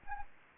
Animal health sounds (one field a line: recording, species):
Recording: mosquito wingbeat signal from an infrared sensor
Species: Anopheles gambiae